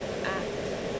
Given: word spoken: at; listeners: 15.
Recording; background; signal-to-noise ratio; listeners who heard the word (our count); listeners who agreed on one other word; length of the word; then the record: one English word in noise, from a listening test; speech-shaped noise; -5.9 dB; 1 of 15; 9 of 15; 0.60 s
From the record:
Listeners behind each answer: 9, 2, 1, 1, 1, 1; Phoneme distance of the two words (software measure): 7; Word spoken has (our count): 1 syllable, 2 phonemes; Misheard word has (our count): 1 syllable, 3 phonemes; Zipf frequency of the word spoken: 6.69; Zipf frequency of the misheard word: 4.99